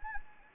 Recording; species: mosquito wingbeat signal from an infrared sensor; Anopheles gambiae